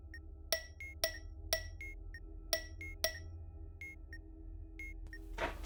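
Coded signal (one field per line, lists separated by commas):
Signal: tap code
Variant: 3D tap code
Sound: several sharp wooden clicks in short groups, mixed with brief high electronic blips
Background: game sound effects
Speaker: we're going to get a triplet of clicks for a five letter word so five triplets of clicks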